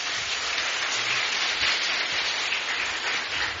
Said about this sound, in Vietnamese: Cho một tràng pháo tay thật to.